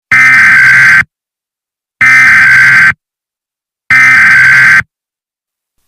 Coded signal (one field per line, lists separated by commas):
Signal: Emergency Alert System (SAME) tones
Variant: header bursts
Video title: Severe Thunderstorm Warning... A Mock EAS.